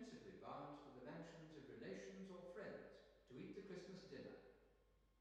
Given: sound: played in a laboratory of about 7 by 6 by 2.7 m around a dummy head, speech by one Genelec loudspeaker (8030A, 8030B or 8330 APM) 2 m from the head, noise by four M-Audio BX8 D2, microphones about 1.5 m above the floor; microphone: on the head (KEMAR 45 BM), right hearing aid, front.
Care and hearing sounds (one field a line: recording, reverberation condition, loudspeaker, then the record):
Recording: male speech in English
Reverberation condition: high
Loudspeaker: 150 degrees to the left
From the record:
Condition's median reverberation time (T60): about 1300 ms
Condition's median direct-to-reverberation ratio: about -4.0 dB